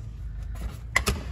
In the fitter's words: uh the one thing we want to do is make sure that this right here locks into place like so